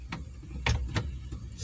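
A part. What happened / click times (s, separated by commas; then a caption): The quick-release latch clicked home / 0.7 s. A racing steering wheel with an anti-theft quick release is turned and pushed onto its quick-release hub, and the locking collar engages with a sharp click at 0.7 s. Fainter clicks follow at about 0.1 s and 1.0 s. The wheel is seated on the hub.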